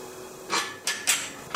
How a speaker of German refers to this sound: Mit den Flügelschrauben kann man die richtig gut festziehen, die Tür, und dann ist sie geschlossen.